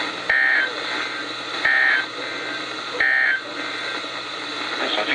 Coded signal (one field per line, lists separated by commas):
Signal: Emergency Alert System (SAME) tones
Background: speech